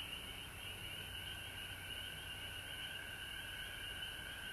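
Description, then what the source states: Frogs calling as a constant high-pitched chorus, two stacked trilling layers with soft low rumble underneath. Frogs recorded at home in Georgia on March 19, 2020.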